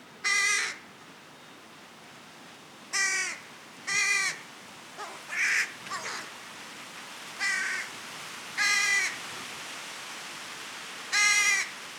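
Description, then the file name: Carrion crow uttering hoarse, grating caws at uneven intervals. "Corvus corone"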